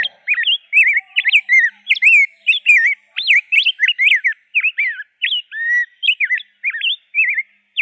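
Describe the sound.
Rose-breasted grosbeak singing a fast, continuous warble of clear looping whistled notes throughout.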